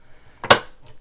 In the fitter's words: it's a really nice needle plate it just snaps back into place